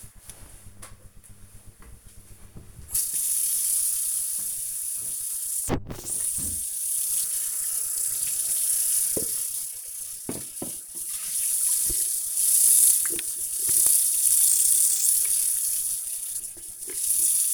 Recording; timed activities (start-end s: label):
household activities, microphone on the right wrist
0.22-17.54 s: washing dishes